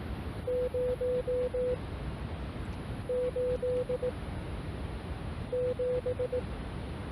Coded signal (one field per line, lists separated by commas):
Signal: Morse code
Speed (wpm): 18 wpm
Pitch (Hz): 500 Hz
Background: none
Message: 0 8 7